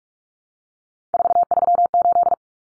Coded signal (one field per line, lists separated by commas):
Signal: Morse code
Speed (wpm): 44 wpm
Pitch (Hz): 700 Hz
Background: none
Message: 438